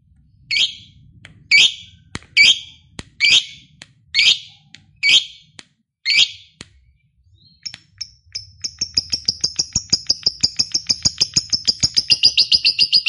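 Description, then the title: Lovebird calls: harsh chirps repeated about every second, followed by a fast, high, buzzy trilling chatter that builds steadily louder. Recording meant to prompt a lazy, silent lovebird into spontaneous, excited calling. "LOVEBIRD Malas Bunyi JADI GREGET SPONTAN Langsung NARIK"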